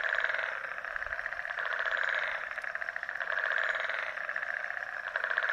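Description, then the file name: Frog chorus of many callers, dense rapid rattling pulses in two bands that swell and fade in waves every second or two. Frog chorus recorded in Mauritius. "Mauritius Frog Symphony"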